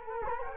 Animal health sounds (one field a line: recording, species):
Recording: mosquito wingbeat signal from an infrared sensor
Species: Culex quinquefasciatus